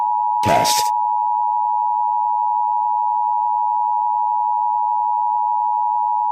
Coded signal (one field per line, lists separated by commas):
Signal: Emergency Alert System (SAME) tones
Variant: 853 and 960 Hz attention tone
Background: speech